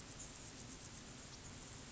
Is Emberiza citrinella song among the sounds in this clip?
no